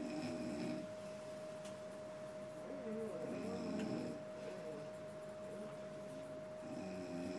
Children s ward at hospital may be a little noisy at night but this mother s snoring is keeping me awake. Put up with this every day.